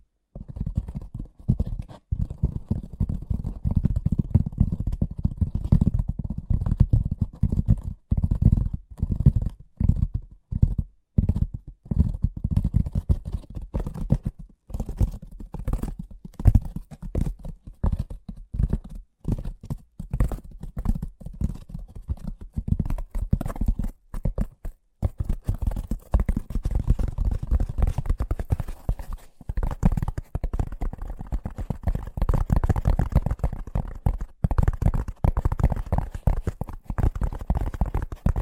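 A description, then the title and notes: Fast tapping runs continuously, dense rapid low knocks; after about 25 seconds the taps turn brighter and slightly sharper, with brief pauses. ASMR Braingasm Inducing Fast Tapping (No Talking).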